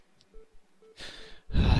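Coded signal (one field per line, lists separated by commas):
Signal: none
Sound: game cockpit beeps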